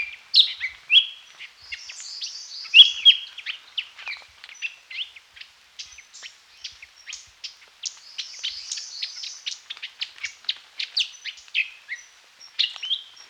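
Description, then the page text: Lesser Racket-tailed Drongo song, loud whistled slurs and ringing notes mixed with a rapid chatter of thin, high clicks and chirps. "Lesser Racket-Tailed Drongo Song. Quick Sounds"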